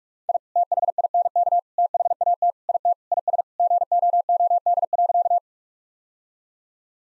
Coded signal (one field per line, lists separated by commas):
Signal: Morse code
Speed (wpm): 41 wpm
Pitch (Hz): 700 Hz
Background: none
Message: I THINK THAT IT IS GOOD.